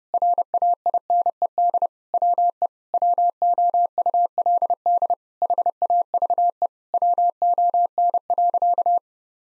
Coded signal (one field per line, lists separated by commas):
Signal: Morse code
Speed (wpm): 30 wpm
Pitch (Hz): 700 Hz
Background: none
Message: RAINED WE WOULD HAVE WON.